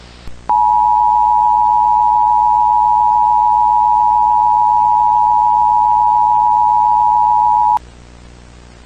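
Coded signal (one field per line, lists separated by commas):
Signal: Emergency Alert System (SAME) tones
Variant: 853 and 960 Hz attention tone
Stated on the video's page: Fictional EAS scenario, not a real alert.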